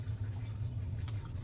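A lid is handled over a glass storage jar filled with dried macaroni, about to be snapped on, against a steady low hum, with a brief sharp tick at about 1.1 s. Nothing has seated or clicked yet.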